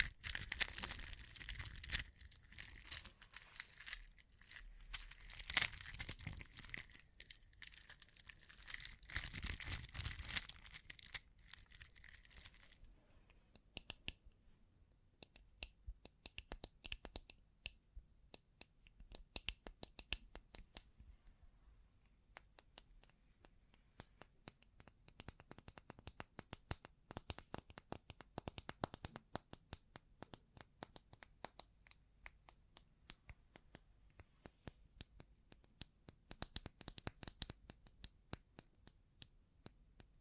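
Bling bling triggers: dense, bright crinkling and clicking with a faint ringing tone, busiest and loudest for roughly the first twelve seconds. After that the sound thins to quieter, scattered ticks and light metallic taps, with small flurries returning now and then through the end.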